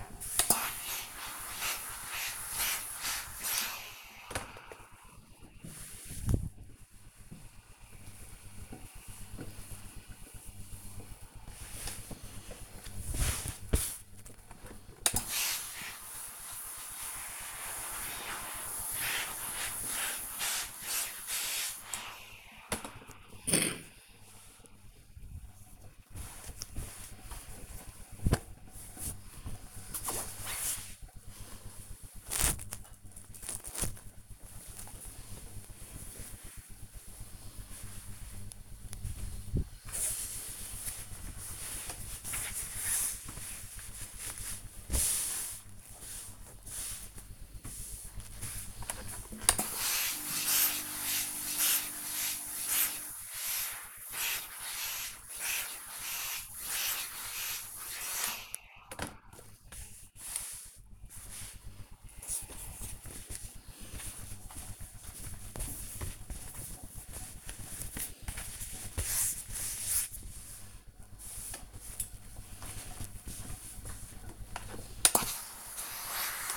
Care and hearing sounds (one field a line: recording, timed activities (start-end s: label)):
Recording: household activities, microphone on the right wrist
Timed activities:
0.00-29.81 s: ironing laundry
49.93-76.57 s: ironing laundry